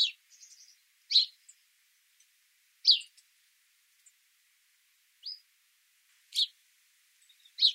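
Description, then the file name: House sparrow chirping: emphatic single chirps at irregular intervals, with a soft twitter early on and one thinner note. "Passer domesticus"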